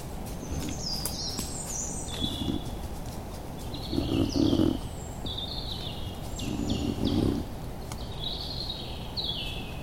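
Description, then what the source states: Wild boar giving soft, rapid low grunts in three short bursts, over a steady hiss of rain, with several birds chirping and whistling high above. Wild boar moved a microphone placed where raindrops would not hit it directly; the sound is described as very peaceful and gentle.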